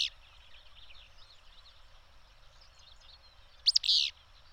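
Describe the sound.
Bird chirps: a brief high note at the start, then a loud double chirp near the end, over soft twittering.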